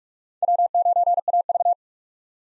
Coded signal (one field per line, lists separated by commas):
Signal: Morse code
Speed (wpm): 46 wpm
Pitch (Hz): 700 Hz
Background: none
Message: W9AV